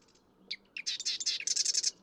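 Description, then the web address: Marsh Wren song: a couple of sharp introductory clicks, then a rapid, rattling series of buzzy notes lasting about a second. "birdsongforthecurious Marsh Wren"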